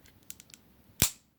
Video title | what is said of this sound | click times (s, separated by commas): SOUTHPAW SHOCKWAVE ][ Transformers Studio Series 56 Leader Shockwave | make sure that they pop into place same thing on the other side sometimes the click will be loud sometimes it won't it just depends | 1.0 s